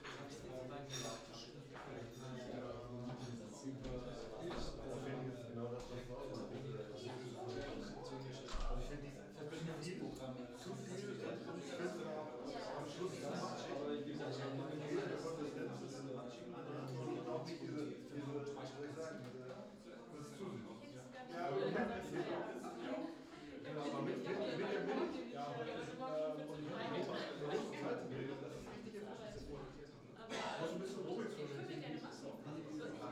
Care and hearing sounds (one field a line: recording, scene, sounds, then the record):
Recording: everyday scene through a hearing-aid microphone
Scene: many people talking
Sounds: many voices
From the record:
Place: bistro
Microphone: in the ear canal, left